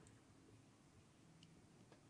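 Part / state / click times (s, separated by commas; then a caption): cap onto fountain pen body / not seated / none. A metal cap is handled onto the body of a vintage Pilot Elite Crosshatch pocket fountain pen, whose soft, dampened capping has no click and instead meets a hard stop at a metal ring. Only quiet handling is heard over a low hum, with faint ticks near 0.1 s and 1.4 s. The clip ends before the cap reaches the ring, so nothing has seated yet.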